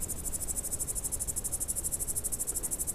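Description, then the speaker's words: Eastern green bush-cricket song: continuous shrill, high buzzing made of fast regular pulses that never pause, with faint low rumble underneath. Loud chirping every few metres on lush meadow edges, overgrown gardens, field corners and wetland margins near the south-eastern border from August; carries over 100 m on calm nights; green, 2.5-3.5 cm, long antennae. "Tämä ääni lähtee suurimpiin kuuluvasta hepokatistamme, idän hepokatista."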